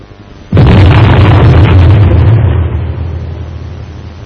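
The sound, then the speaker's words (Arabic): A single loud blast of the Ramadan iftar cannon, fired to mark the breaking of the fast before the Maghrib call to prayer, bursts out after a brief low hum, its deep boom rolling and slowly fading over several seconds. No voices are heard. “هذا مدفع الإفطار، يليه أذان المغرب.”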